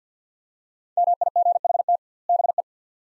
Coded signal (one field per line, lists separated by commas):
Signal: Morse code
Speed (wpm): 50 wpm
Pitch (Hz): 700 Hz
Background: none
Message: MIGHT BE